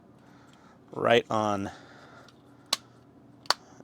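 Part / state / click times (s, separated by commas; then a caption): engine block half onto other engine block half of a 1:8 scale diecast model car / seated / 3.5 s. Someone talks as one half of the engine block for an Agora Models 1:8 scale diecast Aston Martin DB5 (007, No Time To Die) is set down onto the other half. A brief sharp tap sounds at 2.7 s, then a crisp snap at 3.5 s as the halves click firmly together, fully seated.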